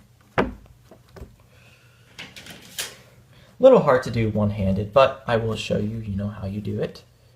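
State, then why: Not seated. Someone handles the filter cover or front panel of a Winix 6300-2 air purifier, working it back toward the plastic housing with a sharp knock near the start, a few light taps and some rustling. Someone then talks over the handling. Nothing has seated or clicked yet.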